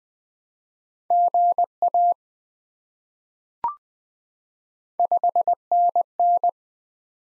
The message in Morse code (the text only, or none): GA 5NN